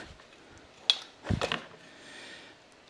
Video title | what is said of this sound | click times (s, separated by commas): Autoshifting E-Bike for Seniors? AI-Powered and Foolproof! | That snaps in place. | 0.9 s